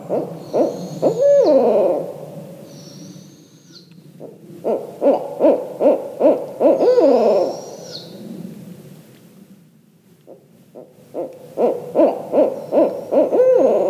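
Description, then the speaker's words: Barred owls trade bursts of rhythmic hooting in three loud bouts separated by quieter gaps, with thin, high, drawn-out whistles also heard. Pair of barred owls calling with their nestling; example of what an owl party might sound like. "That's a pair of barred owls calling with their nestling, their little baby owl."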